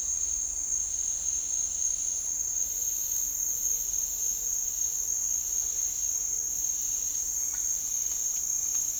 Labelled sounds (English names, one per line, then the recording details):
none
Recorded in dense forest near Puerto Asís, Putumayo, Colombia, on 13 March 2025 at 09:00
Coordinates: 0.499, -76.324
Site GP03